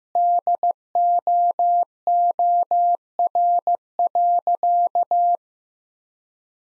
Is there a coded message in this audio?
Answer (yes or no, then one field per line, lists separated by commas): yes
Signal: Morse code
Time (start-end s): 0.2-5.4 s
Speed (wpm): 15 wpm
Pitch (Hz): 700 Hz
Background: none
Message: DOOR.